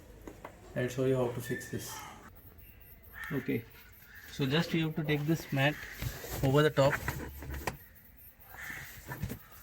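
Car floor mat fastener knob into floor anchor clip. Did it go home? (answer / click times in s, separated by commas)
no / none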